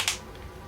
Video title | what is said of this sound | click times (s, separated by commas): Graph Peps and Triplus Review & Compairison - Fine Tip Pens | this one keeps shut with some you have to press it on it the edges to get the little click | 0.1 s